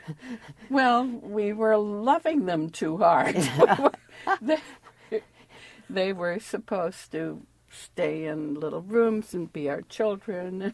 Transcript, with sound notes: Well, we were loving them too hard. (Laughs) They were supposed to stay in little rooms and be our children.